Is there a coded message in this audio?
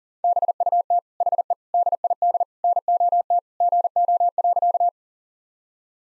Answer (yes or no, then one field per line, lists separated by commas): yes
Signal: Morse code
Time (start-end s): 0.2-4.9 s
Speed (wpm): 40 wpm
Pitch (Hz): 700 Hz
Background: none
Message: BUT HE DID NOT GO.